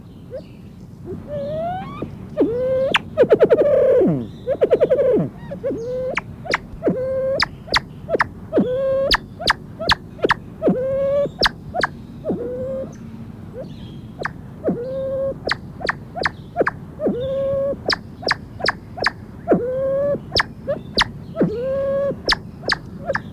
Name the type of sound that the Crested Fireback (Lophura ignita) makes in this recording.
call